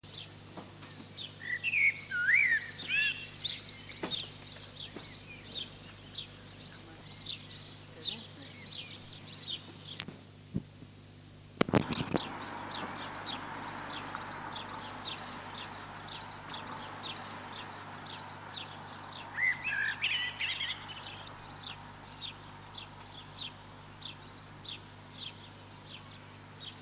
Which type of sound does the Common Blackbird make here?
song